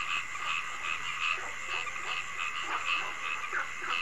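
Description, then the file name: Frogs calling in a dense chorus, short pulsed croaks overlapping over a steady high buzzing drone. Frogs calling at night. "Tieng ech nhai keu ban dem"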